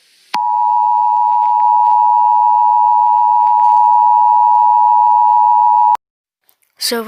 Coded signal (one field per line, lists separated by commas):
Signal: Emergency Alert System (SAME) tones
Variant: 853 and 960 Hz attention tone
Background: speech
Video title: *VALID TONES* Four (EAS Scenario) Part 1 (No Copyright Infringement Intended)